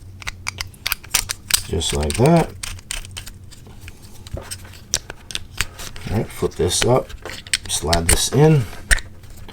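A GoPro HERO11 Black action camera's fold-out mounting fingers are flipped up and slid toward a grip mount while someone talks, with short sharp plastic ticks and taps of handling throughout. The clip ends before the mount goes home, so nothing has seated or clicked yet.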